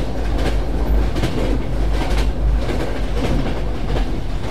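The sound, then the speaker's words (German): A passenger train on the route from Scotland to London rattles steadily along the rails, a continuous low rumble with rhythmic clickety-clack bursts roughly every second, loud and unbroken with no voices. “In diesem Zug pflegten sich früher interessante Leute zu treffen. Die Strecke von Schottland nach London war ein verlässlicher Ort für zwischenmenschliche Kontakte.”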